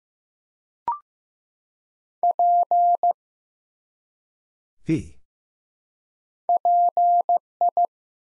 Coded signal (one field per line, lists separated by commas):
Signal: Morse code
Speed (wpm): 15 wpm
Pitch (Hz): 700 Hz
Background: none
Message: P PI